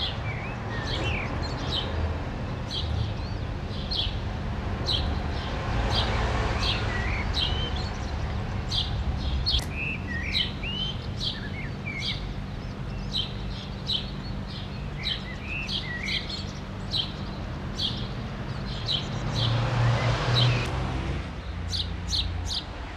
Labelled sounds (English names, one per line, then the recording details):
House Sparrow song
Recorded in the wild
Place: Garmisch-Partenkirchen, Bayern, DE
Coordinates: 47.4986, 11.1303
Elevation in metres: 1036
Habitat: mountains
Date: 1980-03-29
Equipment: Uher 4000 Report, Sennheiser MKH 815 T
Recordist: Tretzel, Erwin